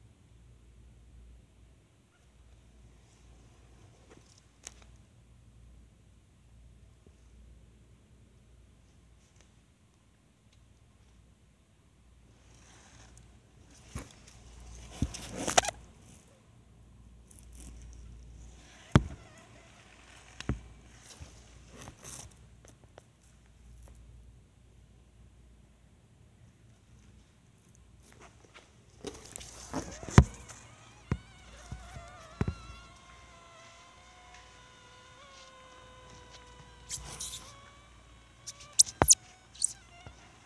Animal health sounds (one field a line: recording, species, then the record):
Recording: mosquito flight sound by mobile phone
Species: Anopheles minimus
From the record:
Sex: female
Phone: Sony Xperia